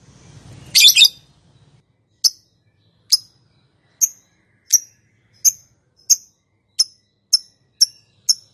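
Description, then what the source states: Lovebird-type sound: one harsh burst, then a run of short, sharp high chirps that come faster and faster toward the end. Song style named "konslet".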